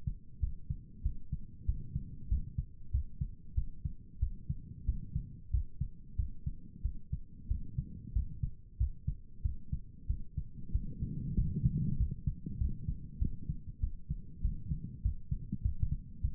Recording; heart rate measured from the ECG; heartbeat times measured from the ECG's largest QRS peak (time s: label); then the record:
heart sounds by stethoscope; 96 bpm
0.65 s: heartbeat
1.02 s: heartbeat
1.65 s: heartbeat
2.28 s: heartbeat
2.90 s: heartbeat
3.54 s: heartbeat
4.19 s: heartbeat
4.85 s: heartbeat
5.50 s: heartbeat
6.15 s: heartbeat
6.81 s: heartbeat
7.47 s: heartbeat
8.12 s: heartbeat
8.77 s: heartbeat
9.41 s: heartbeat
10.06 s: heartbeat
10.71 s: heartbeat
11.34 s: heartbeat
11.96 s: heartbeat
12.57 s: heartbeat
13.18 s: heartbeat
13.80 s: heartbeat
14.41 s: heartbeat
15.01 s: heartbeat
15.61 s: heartbeat
16.21 s: heartbeat
From the record:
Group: healthy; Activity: rest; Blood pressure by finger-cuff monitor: 105/64 mmHg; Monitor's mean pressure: 76 mmHg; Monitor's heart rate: 97 bpm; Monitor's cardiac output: 8.2 L/min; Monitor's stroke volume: 85 mL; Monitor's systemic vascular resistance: 660 dyn s/cm5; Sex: male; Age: 19 years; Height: 178 cm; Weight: 83 kg